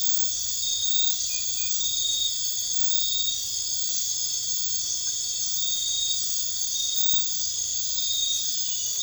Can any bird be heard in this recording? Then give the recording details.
no. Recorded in dense forest near Puerto Asís, Putumayo, Colombia, on 21 March 2025 at 01:30. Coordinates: 0.484, -76.317. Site G064